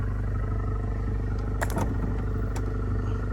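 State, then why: Seated. A plastic cover on the rear-view mirror housing of an Alfa Romeo is closed over installed dash cam wiring, over a steady low vehicle hum. A sharp double click sounds at 1.6 and 1.7 seconds as the cover clips shut and locks in place, secured.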